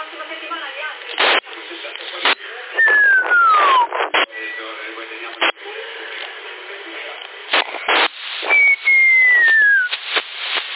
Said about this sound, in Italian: Chi è che fischia?